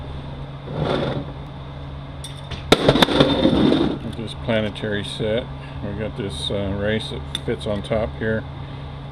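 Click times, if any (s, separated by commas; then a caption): none. A metal bearing race is handled over the planetary gear set of a Mercedes 722.9 automatic transmission during reassembly (recase), to be placed on top of it. Someone talks over a steady low hum, with sharp metallic handling taps at about 2.2, 2.7 and 3.0 seconds. The clip ends before the race goes home, so nothing has seated yet.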